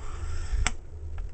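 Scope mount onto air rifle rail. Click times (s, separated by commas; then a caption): 0.7 s. A one-piece metal scope mount is slid down an air rifle's dovetail rail over a low rumble until it drops into its seat with a sharp snap at 0.7 s. Two fainter ticks follow at about 1.2 s and 1.4 s. The mount is seated on the rail.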